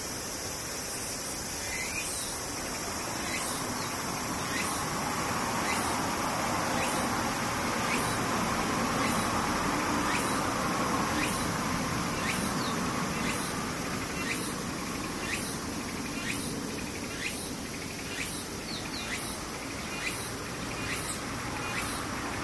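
Cicadas drone in a dense, unbroken high buzz for the whole clip. Sharp pulsed calls repeat at a steady pace, a little faster than once per second, over a low rumbling hum. The sound swells slightly around the middle, then eases.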